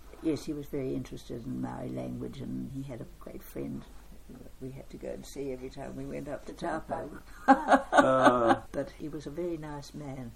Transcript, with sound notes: Yes, he was very interested in Maori language and he had a great friend that we had to go and see every time we went up to Taupo. [Laugh] But he was a very nice man.